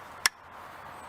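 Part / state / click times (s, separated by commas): fibre closure port kit into closure port / seated / 0.3 s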